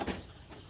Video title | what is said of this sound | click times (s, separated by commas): Initial Cleaning Of The $1.00 Honda Element | top latch here doesn't latch we gotta get that fixed right | none